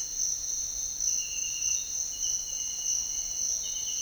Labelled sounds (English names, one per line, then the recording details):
none
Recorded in dense forest near Puerto Asís, Putumayo, Colombia, on 4 March 2025 at 06:30
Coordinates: 0.500, -76.322
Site GP06